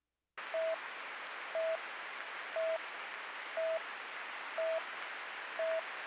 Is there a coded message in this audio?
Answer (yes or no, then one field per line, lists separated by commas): no